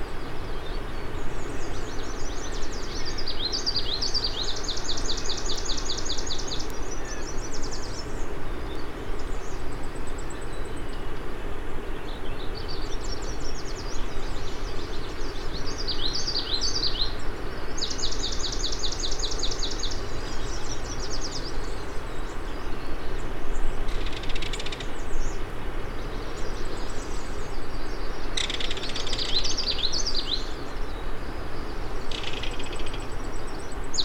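Songbirds trill and chirp in bright repeated bursts over a steady low rushing rumble, with a few sharp clicks between 23 and 33 seconds.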